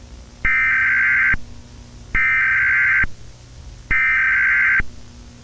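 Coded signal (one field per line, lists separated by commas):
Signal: Emergency Alert System (SAME) tones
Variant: header bursts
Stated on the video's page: Simulated EAS alert, a fictional scenario imagining the system used during the 9/11 attacks.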